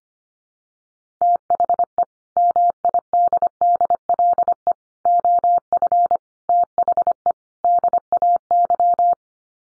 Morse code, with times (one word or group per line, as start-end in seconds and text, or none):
1.2-2.0 THE
2.4-4.7 MIDDLE
5.1-6.2 OF
6.5-7.3 THE
7.6-9.1 DAY